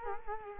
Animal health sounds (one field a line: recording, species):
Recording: mosquito wingbeat signal from an infrared sensor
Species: Culex quinquefasciatus